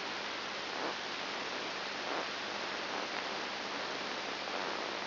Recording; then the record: brain microelectrode recording played as sound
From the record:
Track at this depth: inside the subthalamic nucleus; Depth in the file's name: 4.901 mm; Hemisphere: left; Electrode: 3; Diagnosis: Parkinson's disease